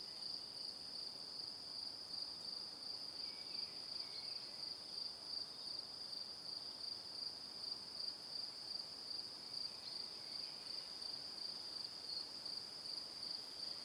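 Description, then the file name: Cricket: long stretch of unbroken cricket chirping, regular high pulses with faint soft extra chirps underneath now and then. Crickets chirping in the evening. "Calm - Evening Crickets"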